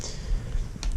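A plastic tube plug is lined up by its slot and pushed down with some force into the magazine tube of a Browning Silver/Gold semi-auto shotgun, clipping in with a sharp click at 0.8 s. The plug is clipped in but not seated and still has to be rotated.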